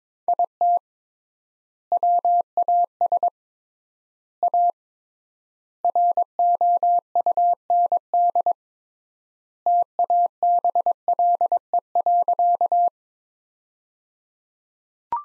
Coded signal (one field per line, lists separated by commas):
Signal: Morse code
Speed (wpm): 21 wpm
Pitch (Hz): 700 Hz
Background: none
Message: IT WAS A ROUND TABLE.